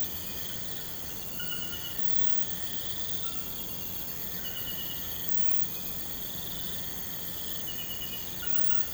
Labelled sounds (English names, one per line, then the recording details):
none
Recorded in pastures near Puerto Asís, Putumayo, Colombia, on 21 March 2025 at 02:30
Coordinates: 0.472, -76.329
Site G074